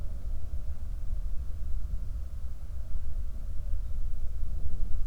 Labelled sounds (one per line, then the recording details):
wind
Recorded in the Prudhoe Bay oil fields, Alaska, on 31 July 2019 at 08:09
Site 24